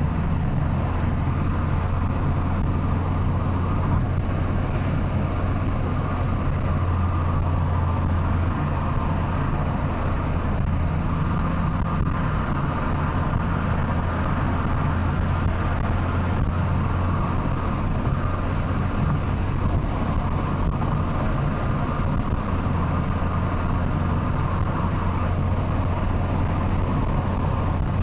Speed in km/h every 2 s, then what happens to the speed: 101, 104, 105, 100, 95, 96, 98, 99, 103, 102, 93, 58, 64, 85.
4-10 slows to 96. 10-18 speeds up to 102. 18-23 brakes to 58. 24-28 speeds up to 85.